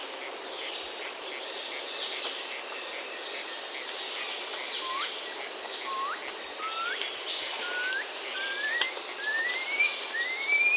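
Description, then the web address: Blue-throated piping guan calling, a series of thin upward-sweeping whistles that climb steadily higher toward the end, over a constant high insect drone. South America. "Natures Songs S America Blue-throated Piping-Guan"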